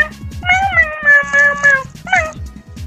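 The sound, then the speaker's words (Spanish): The pet cat Mío meows in two drawn-out, wavering cries, the first long and the second shorter, over a steady low rhythmic pulsing sound underneath. “La única que está ahorita aquí es Mío.”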